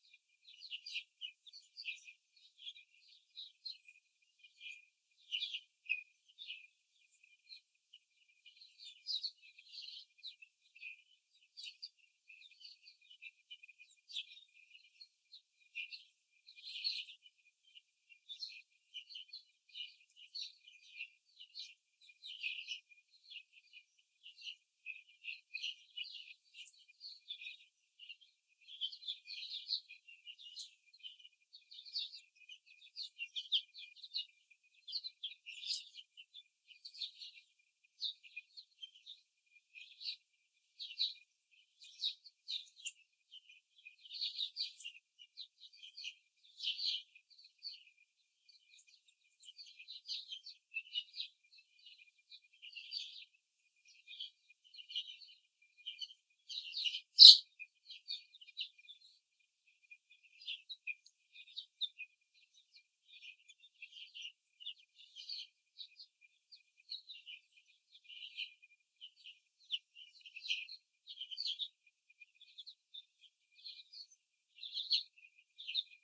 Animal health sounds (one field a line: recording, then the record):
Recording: young laying hens in a cage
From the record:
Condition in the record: before the stressor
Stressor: simulated dog barking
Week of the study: 3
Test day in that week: 2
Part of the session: 2